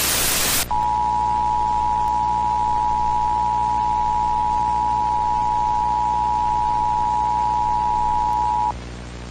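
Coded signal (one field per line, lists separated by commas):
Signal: Emergency Alert System (SAME) tones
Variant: 853 and 960 Hz attention tone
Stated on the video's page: Mock, simulated EAS tornado warning.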